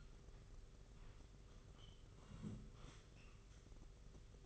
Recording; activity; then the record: daily activity, microphone in the room; sit down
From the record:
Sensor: 4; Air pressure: 991.4 hPa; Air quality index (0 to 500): 139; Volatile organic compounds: 59 ppm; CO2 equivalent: 3410 ppm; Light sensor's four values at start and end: 23/76/28/29 and 23/76/28/29